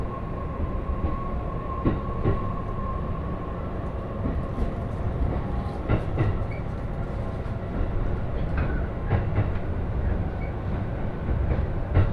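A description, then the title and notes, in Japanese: A Joban Line train runs along with a steady, heavy low rumble that fills the whole stretch. A thin whine holds for the first few seconds, and sharp clicks and knocks from the wheels and carriage break in irregularly, more often toward the end. 耳で楽しむ鉄道旅 常磐線 勝田→石岡。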